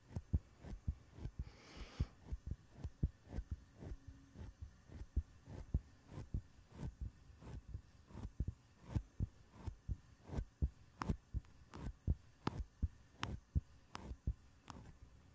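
Fingers touch and tap a microphone, making a steady run of soft thumps about two per second, each a deep thud with a short crisp click on top. A brief scratchy rustle comes near the start, and a faint low hum lies underneath.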